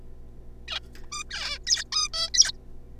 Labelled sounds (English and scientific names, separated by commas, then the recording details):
Zebra Finch (Taeniopygia guttata)
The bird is a juvenile
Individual R3549